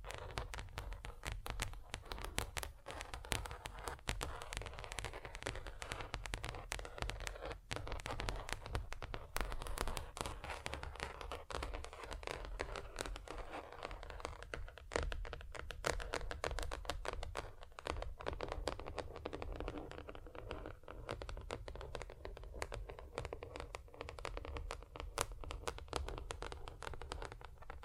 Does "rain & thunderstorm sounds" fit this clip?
no